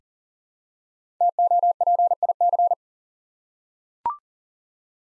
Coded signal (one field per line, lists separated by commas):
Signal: Morse code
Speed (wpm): 40 wpm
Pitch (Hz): 700 Hz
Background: none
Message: TOPIC